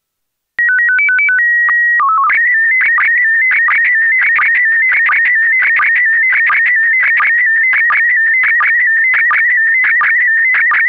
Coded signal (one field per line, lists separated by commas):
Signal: SSTV (slow-scan television)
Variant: PD 90